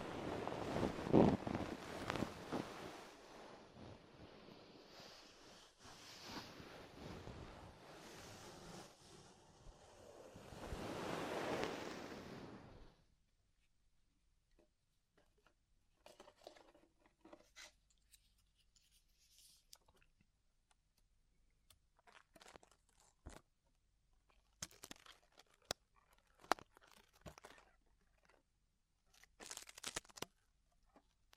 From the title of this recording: Extremely Tingly Ear Exploration